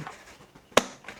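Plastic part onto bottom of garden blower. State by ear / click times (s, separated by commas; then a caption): seated / 0.8 s. A plastic part is pushed onto the bottom of a Tooltronix 3-in-1 yard tool, a garden blower, during assembly. Faint low handling noise is followed by one sharp, broadband snap at 0.8 s, then quiet. The part is seated, pushed home.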